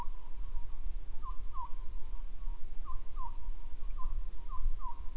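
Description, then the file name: Bird calls, short repeated notes with a slight downward slur, several of them in pairs, over a constant low rumble. "mainly bird"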